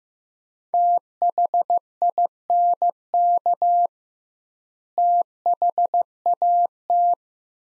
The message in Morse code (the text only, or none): THINK THAT